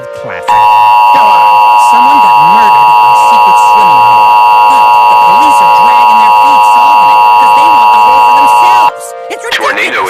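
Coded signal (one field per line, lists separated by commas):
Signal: Emergency Alert System (SAME) tones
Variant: 853 and 960 Hz attention tone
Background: speech, music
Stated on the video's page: Mock (simulated) EAS alert.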